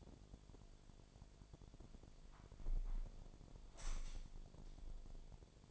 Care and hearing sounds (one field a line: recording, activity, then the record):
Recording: daily activity, microphone in the room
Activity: close window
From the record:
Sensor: 5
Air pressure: 1006.6 hPa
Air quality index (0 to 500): 194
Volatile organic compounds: 6 ppm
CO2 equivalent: 1852 ppm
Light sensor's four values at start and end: 56/160/62/63 and 56/160/62/63